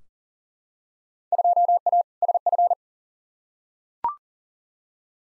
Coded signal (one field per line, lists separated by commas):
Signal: Morse code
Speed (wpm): 40 wpm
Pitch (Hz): 700 Hz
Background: none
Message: 2A SF